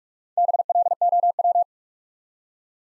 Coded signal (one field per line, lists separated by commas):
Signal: Morse code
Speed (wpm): 44 wpm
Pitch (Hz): 700 Hz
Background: none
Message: BLOW